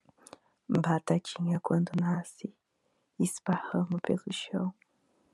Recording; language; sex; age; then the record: short text; Brazilian Portuguese; female; 20 to 29 years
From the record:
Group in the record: control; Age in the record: 26 years